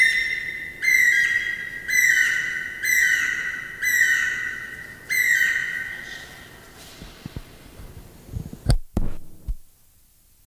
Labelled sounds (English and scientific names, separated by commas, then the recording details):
Guira Cuckoo (Guira guira) call
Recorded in captivity
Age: adult
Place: Zoo Berlin, Berlin, DE
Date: 2000-08-29
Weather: heiter, 21°C
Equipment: Nagra SN, Kopie Uher 4000 Report Monitor
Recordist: Tembrock, Günter